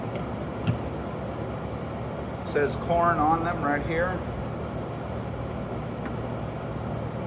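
A plastic corn singulator from the seed meter of a row-crop planter is handled before being pushed back into the meter housing, while someone talks over a steady low hum. Nothing has seated or clicked yet; the clip ends just before the part goes home.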